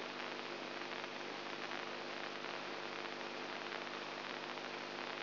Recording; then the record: brain microelectrode recording played as sound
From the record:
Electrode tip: inside the subthalamic nucleus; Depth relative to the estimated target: -1 mm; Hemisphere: right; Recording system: AlphaMap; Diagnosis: Parkinson's disease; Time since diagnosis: 20 years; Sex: female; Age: 64 years